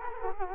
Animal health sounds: mosquito wingbeat signal from an infrared sensor; Culex quinquefasciatus

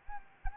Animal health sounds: mosquito wingbeat signal from an infrared sensor; Anopheles gambiae

